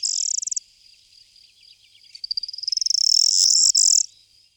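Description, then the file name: Corn bunting song: a rapid burst of ticking notes, a pause, then quickening clicks that swell into a high, dry, jangling rattle. "Triguero"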